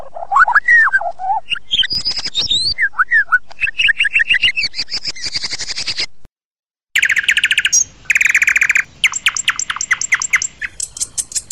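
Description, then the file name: White-rumped shama song: clear whistled notes rising and falling, then dense rapid chattering phrases and bursts of fast repeated trills, broken by a short silence. Murai batu training (masteran) audio, a created long version. "audio masteran murai batu kreasi om bp versi panjang omkicau"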